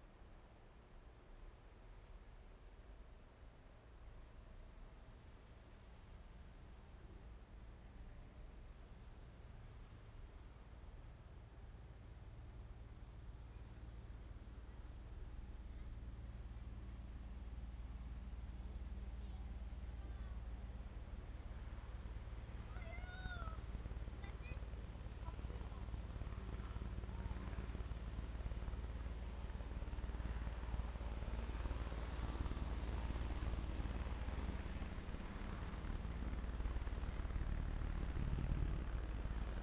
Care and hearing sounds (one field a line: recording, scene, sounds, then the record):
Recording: everyday scene through a hearing-aid microphone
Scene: in traffic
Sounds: traffic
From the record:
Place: main road on the outskirts, rush hour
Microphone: behind the ear, right, rear